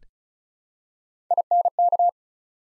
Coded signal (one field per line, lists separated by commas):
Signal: Morse code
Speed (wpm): 36 wpm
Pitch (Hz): 700 Hz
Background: none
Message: INK